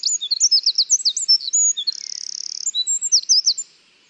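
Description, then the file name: Eurasian wren singing a rapid, shrill string of high notes with a dry buzzy trill in the middle, then ending abruptly into silence. "Troglodytes troglodytes"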